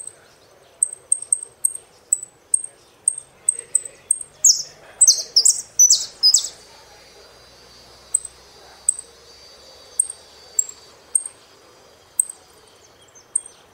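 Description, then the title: Saffron finch calls and song: sharp high chirps repeated roughly twice a second, interrupted by a short run of loud descending slurred notes. "Jilguero Argentino"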